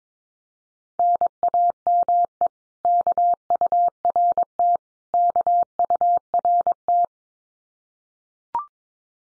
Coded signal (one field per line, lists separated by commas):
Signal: Morse code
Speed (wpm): 22 wpm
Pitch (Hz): 700 Hz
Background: none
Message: NAME KURT KURT